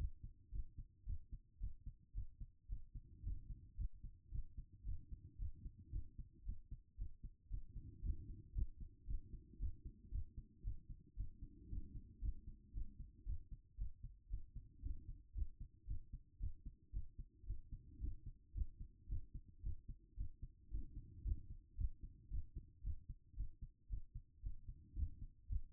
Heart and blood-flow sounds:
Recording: heart sounds by stethoscope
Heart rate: 113 bpm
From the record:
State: after exercise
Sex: female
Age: 36 years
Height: 178 cm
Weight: 74 kg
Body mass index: 23.36

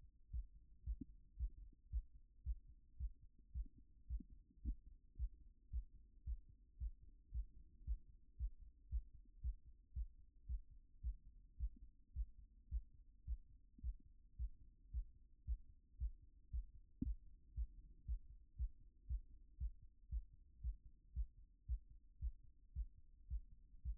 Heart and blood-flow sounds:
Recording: heart sounds by stethoscope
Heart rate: 112 bpm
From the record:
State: after exercise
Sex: male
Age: 28 years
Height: 180 cm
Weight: 120 kg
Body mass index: 37.04

